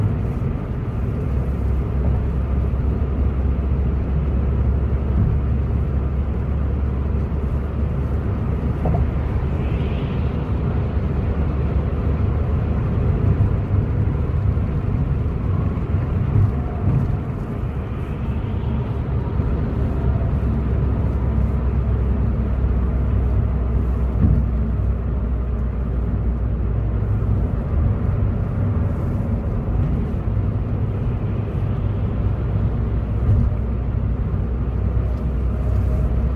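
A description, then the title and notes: A steady low road rumble from inside a car on a night drive, dense and unbroken throughout, with the deep engine drone dominating. Faint brief swells of passing sounds drift by around ten, seventeen and thirty-one seconds, while the upper range stays quiet. Going On A Night Drive.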